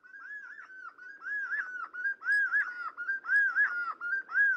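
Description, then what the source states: Black-fronted wood quail chorus: rolling, whistled phrases around one pitch, repeated roughly once a second in a steady, overlapping rhythm. Recorded in Colombia; several birds calling together.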